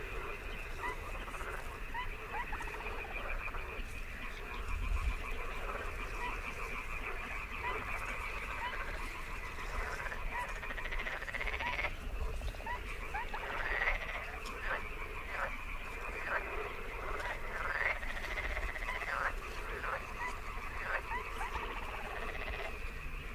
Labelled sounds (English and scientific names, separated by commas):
Little Crake (Porzana parva) call